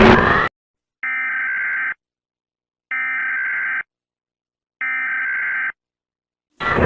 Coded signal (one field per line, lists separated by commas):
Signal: Emergency Alert System (SAME) tones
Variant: header bursts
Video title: Piura EAS Alarm (Departament in Peru)